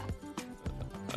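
Rough, low, snorting grunts come in quick bursts, about five in under two seconds, with a buzzy pitched quality and a broadcast-type sound. This is a tape of loud dog snoring played on a radio show, with airway flutter heard as pig-like snorts, so loud it sounds like a snoring rhino.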